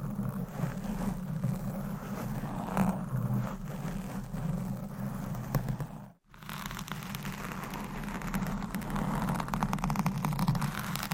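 Steady, dense scratching on a microphone, a rough rumbling friction with a strong low hum underneath and brisk crackly detail above. Around six seconds it cuts to a brief silence, then the scratching resumes just as thick until the end.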